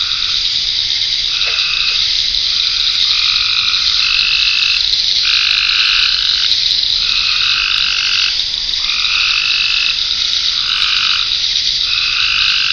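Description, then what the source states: Frogs croaking in a chorus of short buzzy trills in quick succession, over a steady high hiss of insects. Frogs in ponds near a pond in a forest wildlife management area, with crickets and cicadas.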